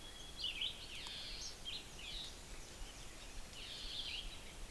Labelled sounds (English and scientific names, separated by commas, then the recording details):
Red-eyed Vireo (Vireo olivaceus) song
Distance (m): 25 m
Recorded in boreal forest in Alberta, Canada, on 6 June 2016 at 06:20
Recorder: SongMeter 3, array SBT-3-51
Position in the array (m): 59 m, 111 m